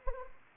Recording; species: mosquito wingbeat signal from an infrared sensor; Anopheles arabiensis